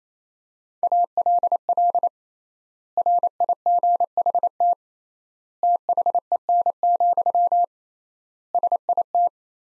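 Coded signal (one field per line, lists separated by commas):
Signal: Morse code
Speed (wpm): 28 wpm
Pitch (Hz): 700 Hz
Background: none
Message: ALL RIGHT THEN, SIT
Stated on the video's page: Sentence practice from top 500 words at 28 wpm with 3x standard word spacing, a Farnsworth-like method using words instead of characters.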